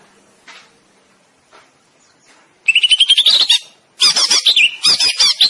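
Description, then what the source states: Greater green leafbird song beginning after faint scattered sounds: a fast chattering trill, then harsh, rapidly repeated squeaky phrases. Cucak ijo, a singing bird described as gacor, meaning singing loudly and continuously.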